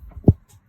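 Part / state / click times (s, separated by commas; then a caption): plastic trim panel retaining clip into car door panel / seated / 0.3 s. A plastic trim panel retaining clip is pressed into its mounting on a car door panel to show how door trim clips fit. After some low rumbling, a single sharp snap at 0.3 s marks the clip seating in place, and then it goes quiet.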